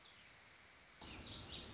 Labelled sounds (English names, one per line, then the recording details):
Warbling Vireo
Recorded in Sonoma County, California